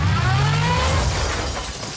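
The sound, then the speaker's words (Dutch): A new car's engine rumbles low and steady as it backs up, then a loud crash with shattering, clattering debris fills the rest of the moment before fading slightly. “Oh, ja, hij stond nog eens achteruit. Dat is niet zo slim.”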